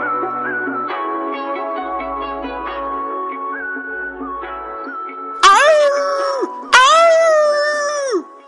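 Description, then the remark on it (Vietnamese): Wolves howling in a forest: several long, wavering tones overlap at first, then two loud howls rise sharply, hold a high sustained pitch for over a second each, and drop away, with no talking. “Trong rừng lúc này tiếng rối tru vang lên không dứt.”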